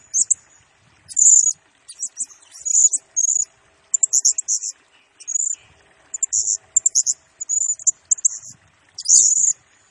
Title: Burung Serindit Nembak Gacor Bikin Emosi Semua Burung